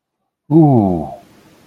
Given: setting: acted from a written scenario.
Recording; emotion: vocal sound without words; adoration